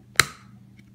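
After refilling, a plastic pump cap is pushed back onto a soap dispenser bottle. It snaps home with one loud, sharp click at 0.2 s, showing the cap is secure. A faint tick follows at about 0.8 s over a low hum.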